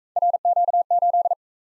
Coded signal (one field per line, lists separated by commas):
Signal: Morse code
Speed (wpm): 41 wpm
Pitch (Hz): 700 Hz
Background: none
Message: RQ8